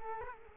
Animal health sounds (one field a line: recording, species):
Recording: mosquito wingbeat signal from an infrared sensor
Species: Culex quinquefasciatus